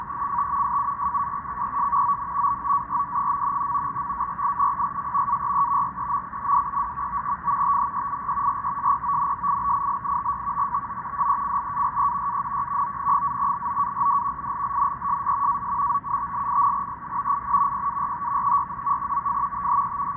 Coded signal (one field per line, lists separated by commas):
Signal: NAVTEX (SITOR-B)